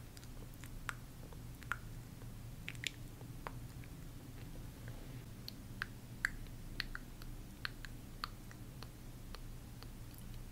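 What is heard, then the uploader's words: Soft skin care sounds: light taps and small clicks scatter irregularly over a steady low hum. ASMR Sleep Inducing Skin Care ASMR Lofi (No Talking).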